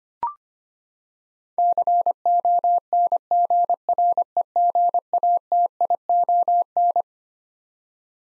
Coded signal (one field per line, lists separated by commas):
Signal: Morse code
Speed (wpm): 25 wpm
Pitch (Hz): 700 Hz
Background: none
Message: CONGREGATION